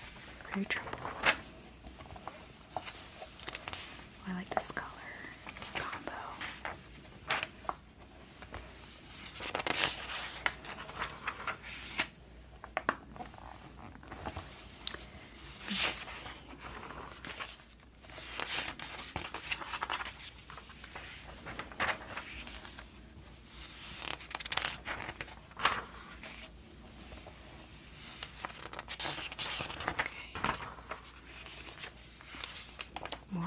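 Writing and paper handling: a steady run of soft scratching and rustling strokes, with frequent sharp taps and brief bright swishes scattered throughout. Louder papery bursts stand out around 10, 16 and 25 seconds, like pages being turned, over a low constant hum.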